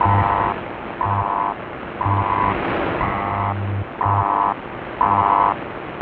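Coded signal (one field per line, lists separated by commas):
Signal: radio time signal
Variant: BPM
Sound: six half-second high beeps, one each second, over shortwave static and a low hum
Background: radio static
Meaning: Each tick marks the start of one second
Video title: [5MHz] 標準時報局(BPM) [ICF-SW7600G]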